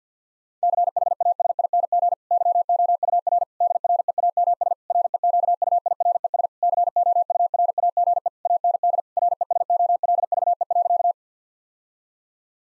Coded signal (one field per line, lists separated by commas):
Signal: Morse code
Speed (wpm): 50 wpm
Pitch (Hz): 700 Hz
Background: none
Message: CHASING YOUR DREAMS REQUIRES COURAGE AND RESOLVE.